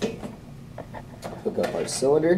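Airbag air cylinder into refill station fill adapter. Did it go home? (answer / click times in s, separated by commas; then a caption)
no / none. The compressed-air cylinder for an avalanche airbag is being handled at a refill station's fill adapter while someone talks, with a brief knock near 0.0 s and a faint tick near 0.8 s. The cylinder has not yet clicked into the fill adapter, and nothing has seated by the end.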